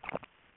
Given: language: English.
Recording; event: throat vibration sensor signal played as sound; swallow